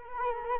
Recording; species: mosquito wingbeat signal from an infrared sensor; Culex quinquefasciatus